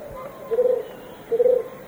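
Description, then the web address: Scarlet-crowned Barbet calling two short, low, throaty hooted notes nearly a second apart against a quiet hissing background. Recorded in the Eastern Lowlands of South America. "Natures Songs S America Eastern Lowlands. Scarlet-crowned Barbet"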